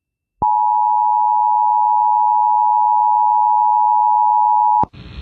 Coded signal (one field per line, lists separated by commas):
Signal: Emergency Alert System (SAME) tones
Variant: 853 and 960 Hz attention tone